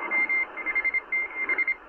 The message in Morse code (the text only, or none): M HTH